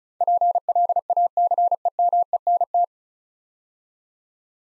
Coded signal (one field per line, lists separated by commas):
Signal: Morse code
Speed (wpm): 36 wpm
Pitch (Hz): 700 Hz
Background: none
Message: PLACEMENT